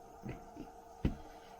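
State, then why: Seated. Two plastic bumper parts for a Tamiya TT01E Buggyra RC truck kit are pressed together onto the chassis. After a couple of soft handling knocks near 0.3 and 0.6 seconds, they snap into each other with a sharp click at 1.1 seconds, and the parts are seated.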